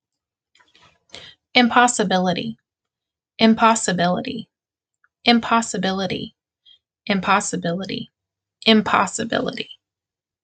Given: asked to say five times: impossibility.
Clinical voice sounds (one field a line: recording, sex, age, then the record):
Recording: repeated word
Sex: female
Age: 30 to 39 years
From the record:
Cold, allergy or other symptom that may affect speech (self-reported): no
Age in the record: 32 years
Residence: Indiana, United States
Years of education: 14